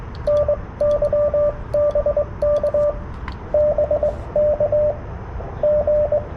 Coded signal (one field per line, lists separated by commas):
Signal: Morse code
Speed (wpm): 22 wpm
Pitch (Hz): 590 Hz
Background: radio noise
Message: NY BK BK G